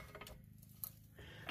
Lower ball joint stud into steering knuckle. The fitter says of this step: so that all joint will um pop into place here and then i'll put the pinch bolt on